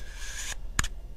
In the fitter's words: But you clip it on. Really satisfying click.